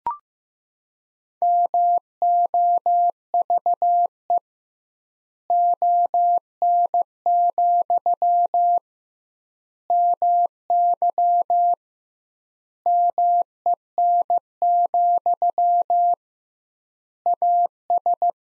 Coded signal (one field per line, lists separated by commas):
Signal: Morse code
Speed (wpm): 15 wpm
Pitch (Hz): 700 Hz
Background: none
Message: MOVE ON, MY MEN, AS